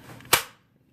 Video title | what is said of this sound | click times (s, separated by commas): TW Holsters overview of holsters available . | want to show you is the retention on the Kydex all Kydex you're gonna hear a lot better snap harder | 0.3 s